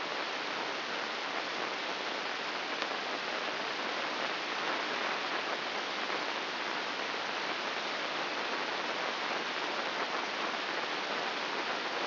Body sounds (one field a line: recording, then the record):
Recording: brain microelectrode recording played as sound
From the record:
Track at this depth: inside the subthalamic nucleus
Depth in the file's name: 5.401 mm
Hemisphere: right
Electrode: 2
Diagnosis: Parkinson's disease